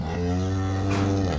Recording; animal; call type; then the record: contact call of a hoofed animal; cattle; low-frequency (closed-mouth) or high-frequency (open-mouth) call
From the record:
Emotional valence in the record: positive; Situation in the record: visual reunion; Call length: 1.39 s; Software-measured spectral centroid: 2000 Hz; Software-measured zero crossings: 1010 a second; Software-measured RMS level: -24 dBFS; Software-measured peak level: -13 dBFS